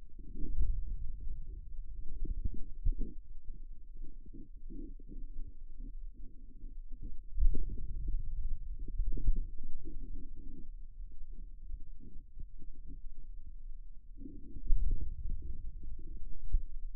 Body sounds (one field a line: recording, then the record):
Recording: forearm muscle sounds (acoustic myography)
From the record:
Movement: inward rotation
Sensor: system 2, bracelet of six BSWA MPA416 microphones around the upper forearm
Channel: 4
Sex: male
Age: 22 years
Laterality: right